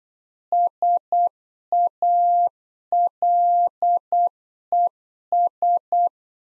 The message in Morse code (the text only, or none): SALES